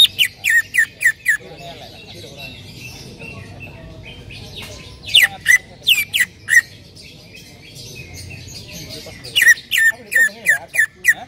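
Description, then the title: Bird chirps, loud sharp falling notes given in quick runs of several, repeated in three bursts a few seconds apart. "Kicau Burung"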